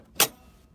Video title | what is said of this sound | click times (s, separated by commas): Serger Settings: Machine Tip Tuesday | they are they've now locked into place and we're ready to thread our loopers | 0.2 s